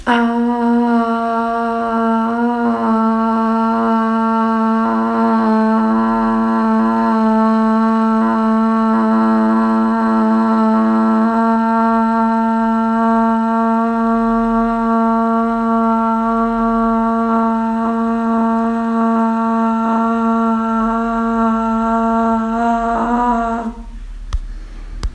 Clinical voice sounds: sustained vowel /a/; female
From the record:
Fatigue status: no fatigue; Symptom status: asymptomatic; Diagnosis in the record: COVID-19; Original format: m4a

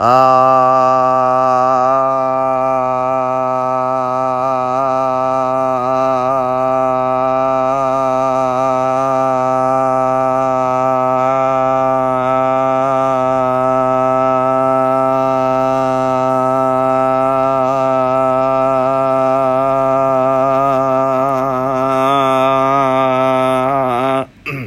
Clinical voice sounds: sustained vowel /a/; male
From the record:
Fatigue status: no fatigue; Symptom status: asymptomatic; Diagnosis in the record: COVID-19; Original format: m4a

